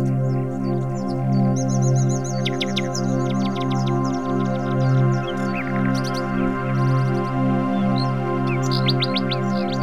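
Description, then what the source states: Assorted bird chirps and short trills come and go, including a wavering high series, laid over a constant deep humming drone that swells and fades. Bird ambience.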